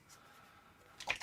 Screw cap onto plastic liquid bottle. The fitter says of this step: twist it till it clicks